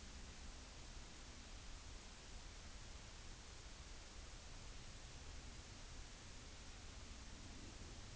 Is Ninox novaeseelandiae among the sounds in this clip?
no